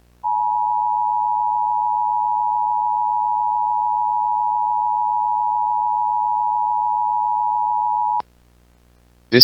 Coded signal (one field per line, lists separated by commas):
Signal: Emergency Alert System (SAME) tones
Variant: 853 and 960 Hz attention tone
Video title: EAS Mock #13: Mystery Cable